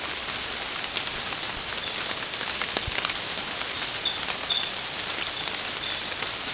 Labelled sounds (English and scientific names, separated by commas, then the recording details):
none
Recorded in secondary vegetation near Puerto Asís, Putumayo, Colombia, on 27 June 2025 at 06:00
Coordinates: 0.484, -76.319
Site G074